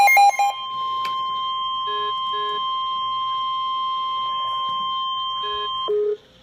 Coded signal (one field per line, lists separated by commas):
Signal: Emergency Alert System (SAME) tones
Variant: 1050 Hz attention tone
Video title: [EAS #183] Severe Thunderstorm Warning 5/23/14 11:00 PM